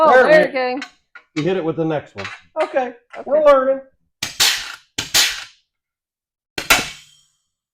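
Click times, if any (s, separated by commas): 6.6 s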